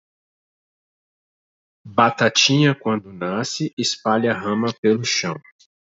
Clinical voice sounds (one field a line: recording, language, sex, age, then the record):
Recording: short text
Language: Brazilian Portuguese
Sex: male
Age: 40 to 49 years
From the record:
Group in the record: control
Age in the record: 41 years